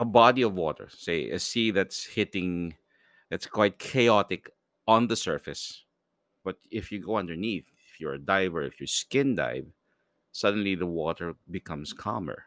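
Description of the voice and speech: Adult male speaker who does not stutter, talking in fluent connected speech with natural pauses between phrases. No speech disorder.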